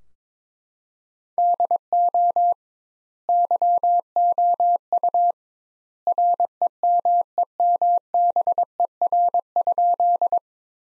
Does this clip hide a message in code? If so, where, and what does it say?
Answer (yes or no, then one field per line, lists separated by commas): yes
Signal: Morse code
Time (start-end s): 1.4-10.4 s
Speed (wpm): 22 wpm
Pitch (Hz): 700 Hz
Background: none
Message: DO YOU REMEMBER?